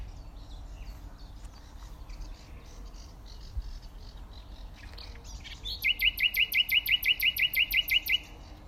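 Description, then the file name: Common nightingale song: a soft warbling background, then a loud rapid run of many identical notes repeated for about two and a half seconds. "Luscinia megarhynchos"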